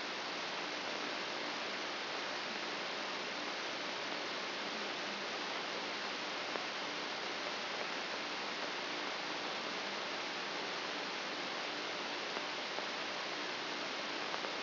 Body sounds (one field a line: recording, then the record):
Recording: brain microelectrode recording played as sound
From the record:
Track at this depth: inside the subthalamic nucleus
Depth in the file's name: 1.825 mm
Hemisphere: left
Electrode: 3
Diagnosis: Parkinson's disease